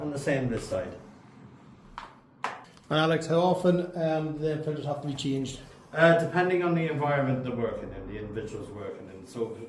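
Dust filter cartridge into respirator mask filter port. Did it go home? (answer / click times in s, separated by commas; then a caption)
yes / 2.0 s, 2.4 s. A second dust filter cartridge is fitted into the filter port on the other side of a plastic half-mask respirator with a quarter-turn lock. Two sharp clicks sound at 2.0 s and 2.4 s as it seats, and people talk before and after.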